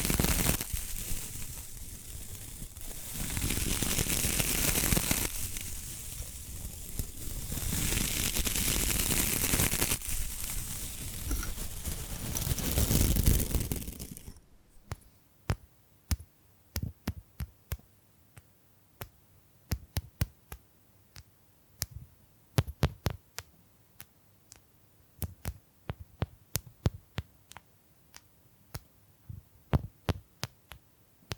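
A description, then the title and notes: Bamboo is brushed and scratched in loud, dense, hissing sweeps for the first fourteen seconds, swelling and easing in waves. Then it stops abruptly, giving way to sparse, sharp tapping, irregular single knocks and quick pairs, against near silence. ASMR Brain Tingling Bamboo Tapping, Scratching and Brushing Sounds for Sleep (No Talking).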